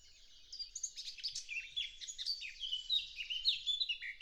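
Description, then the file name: Eurasian blackcap pouring out a dense, continuous warble of twittering and whistled notes after a quieter start. "Sylvia atricapilla"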